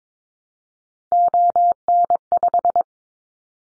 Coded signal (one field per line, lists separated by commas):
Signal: Morse code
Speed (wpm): 22 wpm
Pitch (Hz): 700 Hz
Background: none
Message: ON5